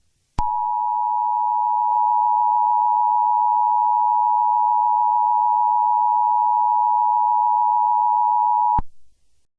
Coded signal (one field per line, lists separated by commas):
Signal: Emergency Alert System (SAME) tones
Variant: 853 and 960 Hz attention tone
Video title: EAS Alarm Pedophile Warning (Marked As Unrecognized Message)